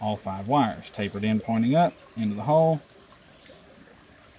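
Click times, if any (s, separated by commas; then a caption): 3.5 s. On a 2002 Dodge Dakota blower motor resistor pigtail, crimped wire terminals are pushed tapered end up into the cavities of the plastic connector housing, all five wires, until each one locks. Someone talks for the first 2.8 seconds, then in the quiet a single sharp click is heard at 3.5 s as a terminal seats and locks into place.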